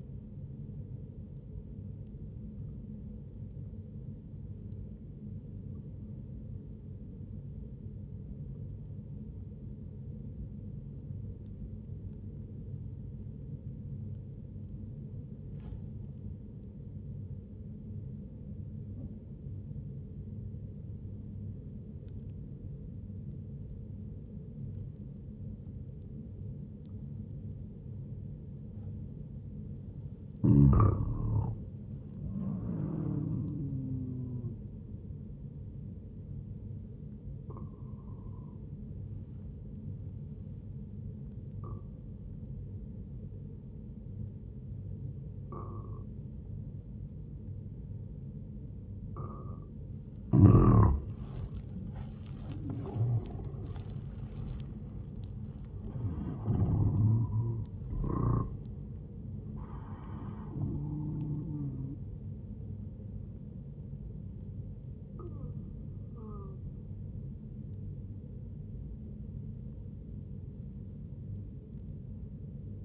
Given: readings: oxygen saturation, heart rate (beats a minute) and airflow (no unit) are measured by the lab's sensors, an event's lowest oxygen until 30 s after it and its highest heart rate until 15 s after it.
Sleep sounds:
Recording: breathing in sleep by a smartphone at the bedside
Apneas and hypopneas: 1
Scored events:
9.00-30.70 s: obstructive apnea (N1, oxygen 97% highest, then 94% lowest, heart rate 60 at the start, 76 highest)
From the record:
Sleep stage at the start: N1 (lightest sleep)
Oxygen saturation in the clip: 92 to 97%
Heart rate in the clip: 60 to 77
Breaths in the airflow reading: 4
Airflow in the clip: -9.8 to 12.1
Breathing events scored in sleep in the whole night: 131 in 7.2 hours asleep

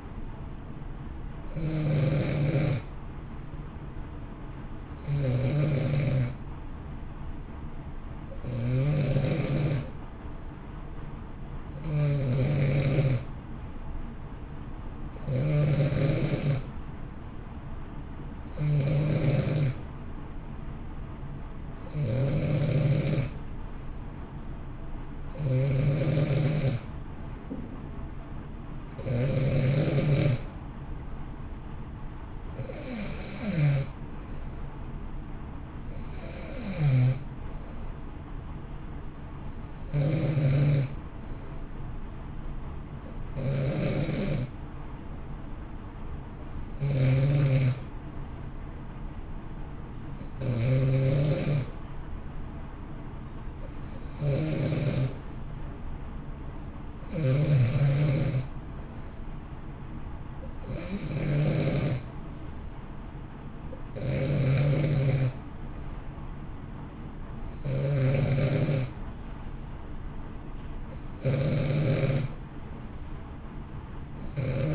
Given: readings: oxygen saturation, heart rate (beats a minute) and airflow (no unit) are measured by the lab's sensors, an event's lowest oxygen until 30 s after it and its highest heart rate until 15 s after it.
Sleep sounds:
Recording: breathing in sleep by a smartphone at the bedside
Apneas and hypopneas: none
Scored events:
8.00-74.75 s: new sleep stage, N2 (light sleep)
From the record:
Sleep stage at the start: N1 (lightest sleep)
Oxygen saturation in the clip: 89 to 92%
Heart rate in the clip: 57 to 64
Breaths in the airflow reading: 21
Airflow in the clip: -0.9 to 1.8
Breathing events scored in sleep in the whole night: 328 in 6.3 hours asleep

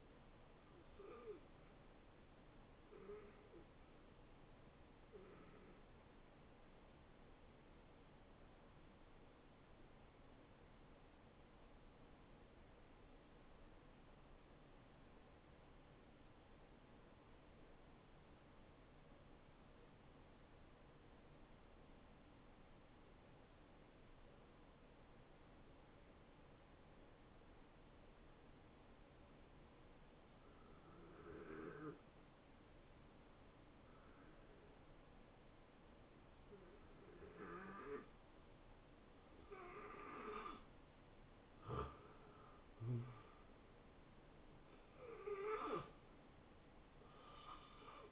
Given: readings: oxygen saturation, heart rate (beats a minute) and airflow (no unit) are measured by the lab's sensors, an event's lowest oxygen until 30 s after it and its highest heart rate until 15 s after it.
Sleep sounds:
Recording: breathing in sleep by a voice recorder at the bedside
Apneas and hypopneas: 1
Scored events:
7.00-40.60 s: hypopnea (N2, oxygen 93% highest, then 79% lowest, heart rate 76 at the start, 77 highest)
44.00-48.12 s: new sleep stage, N1 (lightest sleep)
From the record:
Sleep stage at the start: N2 (light sleep)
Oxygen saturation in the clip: 79 to 93%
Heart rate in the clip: 66 to 79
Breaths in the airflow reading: 9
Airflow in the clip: -17.0 to 9.9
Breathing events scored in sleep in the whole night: 263 in 5.5 hours asleep

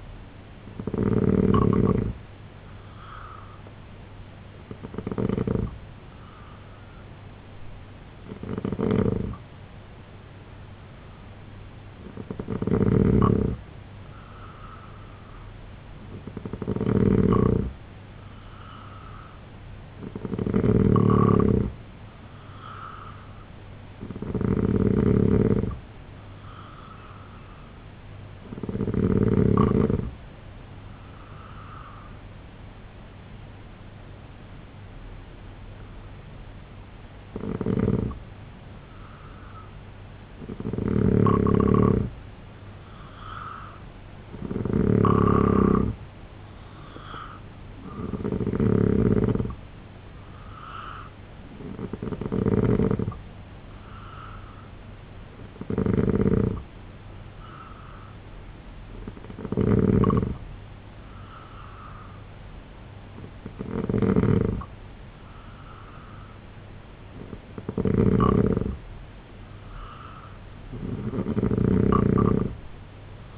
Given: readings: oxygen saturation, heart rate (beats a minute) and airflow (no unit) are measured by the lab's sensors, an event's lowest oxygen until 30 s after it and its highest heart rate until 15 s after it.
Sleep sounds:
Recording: breathing in sleep by a voice recorder at the bedside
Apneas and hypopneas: 2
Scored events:
2.00-32.00 s: new sleep stage, N3 (deep sleep)
32.00-73.38 s: new sleep stage, N2 (light sleep)
35.00-46.70 s: hypopnea (N2, oxygen 90% highest, then 86% lowest, heart rate 73 at the start, 80 highest)
53.00-66.90 s: hypopnea (N2, oxygen 89% highest, then 86% lowest, heart rate 80 at the start, 80 highest)
From the record:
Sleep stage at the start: N2 (light sleep)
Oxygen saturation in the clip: 86 to 90%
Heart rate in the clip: 68 to 80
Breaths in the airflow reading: 17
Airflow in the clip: -3.6 to 5.6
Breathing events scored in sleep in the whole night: 258 in 7.4 hours asleep

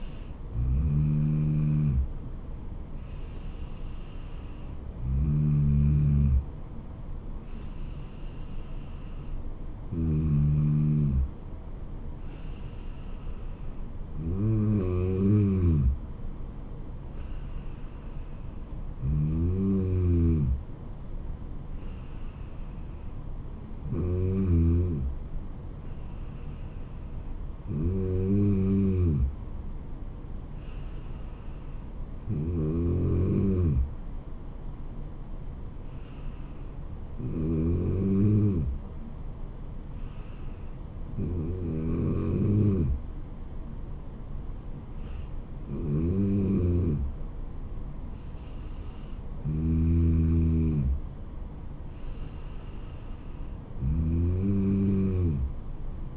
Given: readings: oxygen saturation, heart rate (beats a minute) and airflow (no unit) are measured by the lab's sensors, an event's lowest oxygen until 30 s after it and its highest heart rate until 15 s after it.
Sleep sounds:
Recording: breathing in sleep by a smartphone at the bedside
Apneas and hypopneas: none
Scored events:
none scored
From the record:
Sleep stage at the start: N2 (light sleep)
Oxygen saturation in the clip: 93 to 95%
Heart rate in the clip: 69 to 77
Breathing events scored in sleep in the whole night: 426 in 7.4 hours asleep

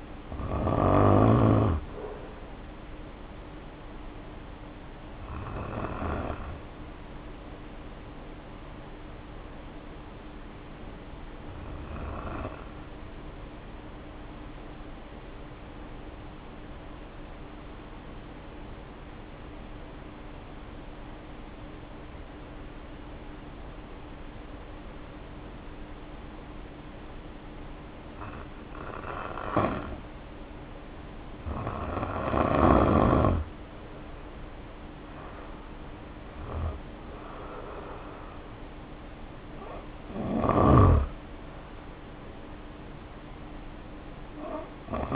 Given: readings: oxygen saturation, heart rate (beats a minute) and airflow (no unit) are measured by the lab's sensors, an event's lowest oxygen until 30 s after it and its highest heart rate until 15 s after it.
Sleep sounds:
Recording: breathing in sleep by a voice recorder at the bedside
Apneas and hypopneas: 1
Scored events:
3.00-36.20 s: hypopnea (N1, oxygen 94% highest, then 79% lowest, heart rate 52 at the start, 66 highest)
28.00-45.16 s: new sleep stage, N2 (light sleep)
From the record:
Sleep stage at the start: N1 (lightest sleep)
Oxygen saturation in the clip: 74 to 94%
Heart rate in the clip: 47 to 66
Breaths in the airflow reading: 12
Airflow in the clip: -2.5 to 3.3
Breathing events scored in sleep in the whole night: 520 in 7.2 hours asleep

